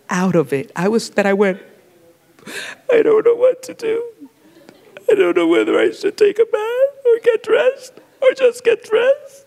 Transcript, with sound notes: out of it that I went, (sobbing) “I don’t know what to do. I don’t know whether I should take a bath and get dressed or just get dressed.”